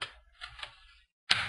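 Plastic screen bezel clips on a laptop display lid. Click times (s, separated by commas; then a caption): 0.0 s, 1.3 s. Plastic screen bezel clips on the display lid of an Acer Aspire 5742z laptop snap free as the frame is gently pried off, with sharp snaps at 0.0 s and 1.3 s and softer clicks in between. The bezel clips release, though this is the hardest part of the job because the plastic frame breaks easily.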